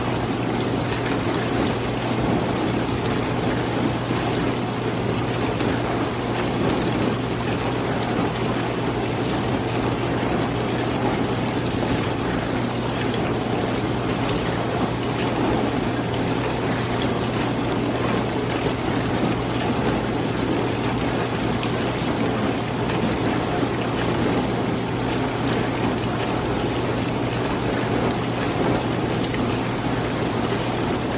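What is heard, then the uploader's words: A dishwasher runs steadily, its constant low mechanical hum under a dense, even wash of sloshing water that never pauses or changes. The relaxing sound of a perfectly running dishwasher. The soothing mechanical hum and water noises of the dishwasher.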